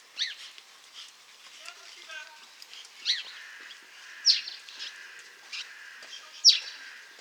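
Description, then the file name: House sparrow giving sharp, high chirps, single notes at irregular intervals, with a faint soft twitter and steady background hiss. "Passer domesticus"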